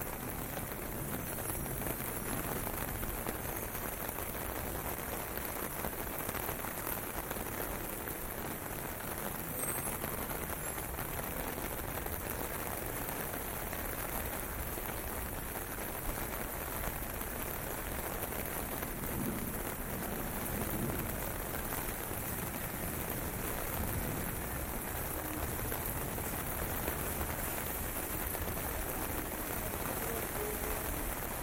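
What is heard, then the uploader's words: Walking in the rain in Tokyo, Japan: a dense, steady hiss of rain pattering on surfaces fills the whole clip without letting up. A low rumble, possibly passing vehicles, runs underneath, and the loudness stays nearly constant throughout. WALKING IN THE RAIN TOKYO JAPAN. Walking in the streets of Tokyo, Japan.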